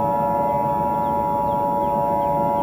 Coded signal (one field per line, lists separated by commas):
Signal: Emergency Alert System (SAME) tones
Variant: 853 and 960 Hz attention tone